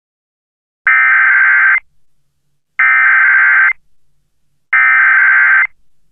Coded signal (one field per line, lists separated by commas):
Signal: Emergency Alert System (SAME) tones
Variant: header bursts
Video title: EAS Mock: Flash Flood Emergency for Raeford, NC (Not Real, it's fake) (1/17/2018)